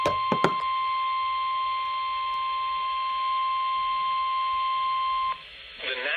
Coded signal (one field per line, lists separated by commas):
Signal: Emergency Alert System (SAME) tones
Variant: 1050 Hz attention tone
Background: speech